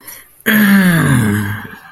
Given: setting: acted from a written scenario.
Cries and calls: vocal sound without words; triumph

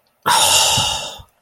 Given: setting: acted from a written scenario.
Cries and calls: vocal sound without words; disappointment

